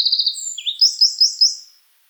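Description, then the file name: Eurasian wren song fragment: a quick high trill, a dipping note, then four clear chirps repeated about every fifth of a second. "Troglodytes troglodytes"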